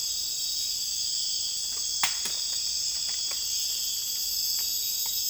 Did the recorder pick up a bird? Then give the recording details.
no. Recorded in dense forest near Puerto Asís, Putumayo, Colombia, on 26 December 2024 at 02:00. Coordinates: 0.484, -76.325. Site G056